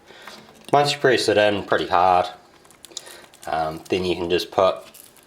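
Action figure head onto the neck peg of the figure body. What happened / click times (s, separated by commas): A small plastic part is handled but not yet clicked home / none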